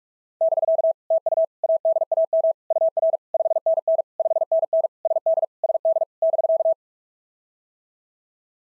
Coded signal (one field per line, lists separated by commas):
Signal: Morse code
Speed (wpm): 42 wpm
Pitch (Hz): 660 Hz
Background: none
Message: <BK> TU ADAM UR 5NN 5NN SD SD <BK>